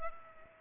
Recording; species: mosquito wingbeat signal from an infrared sensor; Culex pipiens